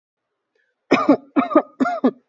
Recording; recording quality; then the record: shallow voluntary cough; excellent, no background noise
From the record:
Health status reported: healthy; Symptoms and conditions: none ticked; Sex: female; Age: 24 years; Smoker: not ticked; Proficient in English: yes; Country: India